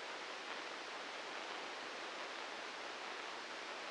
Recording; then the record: brain microelectrode recording played as sound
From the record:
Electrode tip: inside the subthalamic nucleus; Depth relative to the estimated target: -4 mm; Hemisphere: right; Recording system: NeuroSet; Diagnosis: Parkinson's disease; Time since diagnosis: 8 years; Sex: male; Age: 59 years